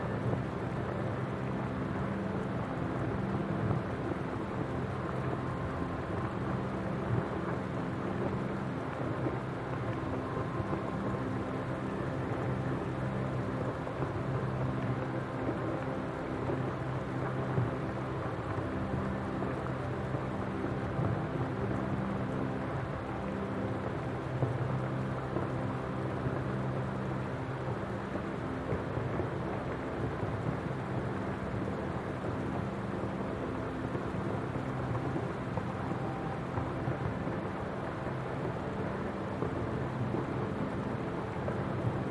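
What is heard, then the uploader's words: A rainy autumn night plays as a steady, dense hiss of rain that holds at one level throughout. Low, sustained chords hum beneath it, shifting slowly, with a faint deep rumble like distant thunder in the background. Rainy Night In Fall | Peaceful Music with Rain Sounds. Sound: rain sound, water, nature sound. Music: ambient music, atmospheric chords.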